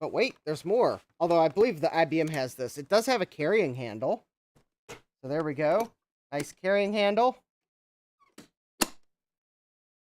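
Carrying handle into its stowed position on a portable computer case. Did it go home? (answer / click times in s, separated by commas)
yes / 8.8 s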